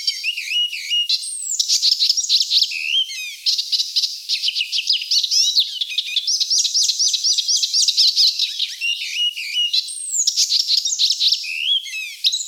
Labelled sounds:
Icterine Warbler song
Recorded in the wild
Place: Waltershofen / Freiburg im Breisgau, Baden-Württemberg, DE
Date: 1989-06-04
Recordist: Schwarz, Dieter

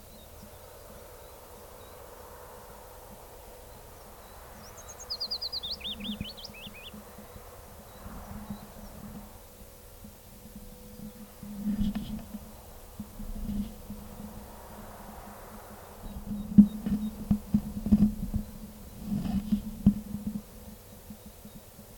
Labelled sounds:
Willow Warbler song
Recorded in the wild
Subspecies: trochilus
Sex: male
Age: adult
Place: Lausanne, Waadt, CH
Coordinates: 46.55, 6.68333
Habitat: forest
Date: 1964-05-11 10:15
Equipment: Nagra III PH, Parabolspiegelmikrophon, LGS26
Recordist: Sapper and Schneider, H.-J

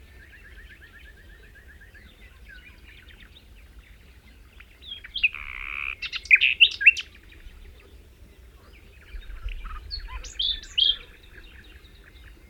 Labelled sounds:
Common Nightingale song
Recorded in the wild
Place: Dumbraveni, Transilvania, RO
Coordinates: 46.23, 24.575
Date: 1973-05-01 06:15
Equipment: Nagra III BH, Sennheiser MD 21, parabola
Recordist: Schubert, Michael
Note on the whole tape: Gesang Nachtigall

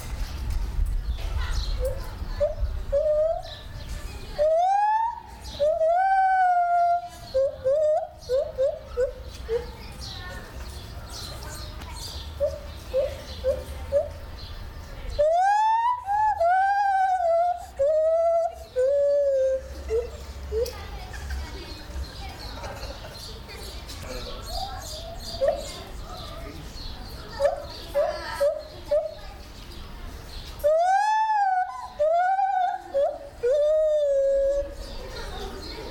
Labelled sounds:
Lar Gibbon
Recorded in captivity
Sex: male
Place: Zoo Berlin, Berlin, DE
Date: 1996-04-06 13:24
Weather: heiter, 10 - 16 °C
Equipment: Sony MD-WM MZ-R3, Sennheiser MKH 416 T, Kopie Uher 4000 Report Monitor
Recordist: Tembrock, Günter
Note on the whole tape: Männchen (unten am Gitter), Lautfolgen

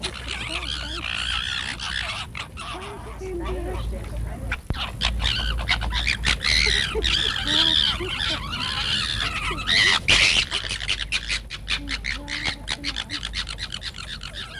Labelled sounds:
Corsac Fox
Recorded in captivity
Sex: group
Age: subadult
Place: Tierpark Berlin, Berlin, DE
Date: 1962-09-03 19:30
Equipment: Minifon, Kopie Smaragd
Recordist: Tembrock, Günter

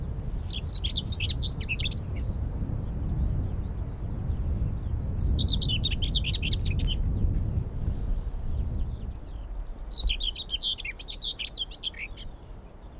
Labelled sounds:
Common Whitethroat song
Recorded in the wild
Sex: male
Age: adult
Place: Falkenberger Rieselfelder, Barnim, Berlin, DE
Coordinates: 52.5803, 13.5522
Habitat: field
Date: 2005-05-20
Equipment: Edirol R-4, Sennheiser MKH 70, Windschutz
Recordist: Frommolt, Karl-Heinz

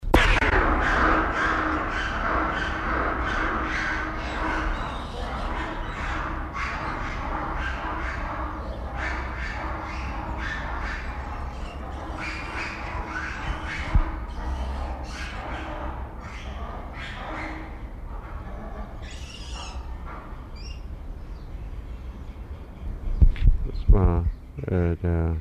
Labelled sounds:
Black-and-white Ruffed Lemur call
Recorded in captivity
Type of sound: call
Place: Zoo Berlin, Berlin, DE
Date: 1994-03-05 10:08
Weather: heiter, 4°C, Windböen
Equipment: Marantz CP 430, Sennheiser ME 80, Kopie Uher Variocord 263
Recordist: Tembrock, Günter
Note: Schwarzer Vari (L. v. variegatus): Laute in Gruppe (zwischen Makakenaufnahme)

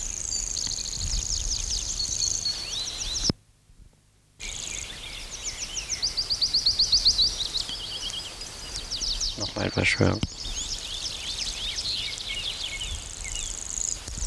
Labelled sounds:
Common Grasshopper Warbler song
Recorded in the wild
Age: adult
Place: Reinhardshagen (Weser), Hessen, DE
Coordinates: 51.5, 9.61667
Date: 1990-06-14 10:51
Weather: overcast, 14° C
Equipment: Sony WM-D6C, Kopie Tesla B 116
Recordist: Tembrock, Günter

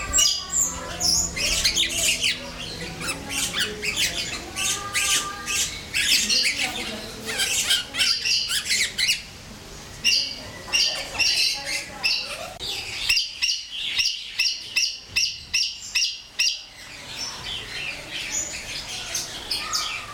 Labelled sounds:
Grosbeak Starling
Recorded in captivity
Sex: group
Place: Zoo Berlin, Berlin, DE
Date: 1996-05-05 13:00
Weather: wolkig, 6-8°C
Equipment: Sony MD-WM MZ-R3, Sennheiser MKH 416 T, Kopie Uher 4000 Report Monitor
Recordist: Tembrock, Günter

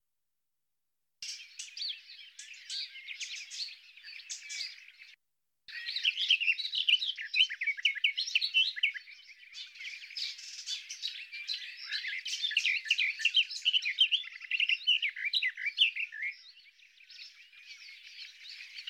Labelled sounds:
Garden Warbler song
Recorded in the wild
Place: Wasenweiler am Kaiserstuhl, Baden-Württemberg, DE
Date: 1997-05-19
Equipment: Dat-Recorder Casio DA 7, Telinga DAT, Telinga-Parabolspiegel
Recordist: Schwarz, Dieter
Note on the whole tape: Song

